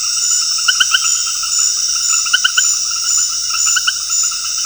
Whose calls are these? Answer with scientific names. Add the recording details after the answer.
none. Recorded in dense forest near Puerto Asís, Putumayo, Colombia, on 21 February 2024 at 20:30. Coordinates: 0.485, -76.325. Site G6429